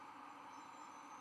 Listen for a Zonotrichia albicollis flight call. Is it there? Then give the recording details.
no. No flight call is heard. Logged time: 03:23 on 24 November 2014